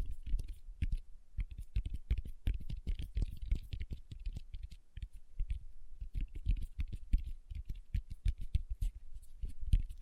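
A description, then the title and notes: Fingertips tap rapidly and unevenly, producing a dense run of short, dull knocks with a low thump and a faint brighter click on top. The taps continue for the whole ten seconds in irregular bursts, sounding much like fast typing on a keyboard. ASMR Tapping with Fingertips (No Talking).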